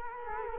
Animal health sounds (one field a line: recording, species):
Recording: mosquito wingbeat signal from an infrared sensor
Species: Culex quinquefasciatus